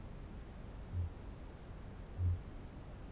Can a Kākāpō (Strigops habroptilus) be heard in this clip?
yes